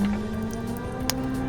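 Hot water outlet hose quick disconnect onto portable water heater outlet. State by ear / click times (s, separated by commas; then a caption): seated / 1.1 s. A red hot-water outlet hose quick-disconnect coupling is pushed onto the outlet of a portable water heater. Soft scraping and lining-up sounds over a steady low hum lead to a single sharp click at 1.1 s as the coupling seats.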